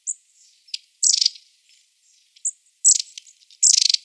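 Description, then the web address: Long-tailed tit calling: brief very high thin notes followed by rough buzzing rattle bursts, alternating irregularly over a few seconds. "Schulze Peter Long-tailed Tit"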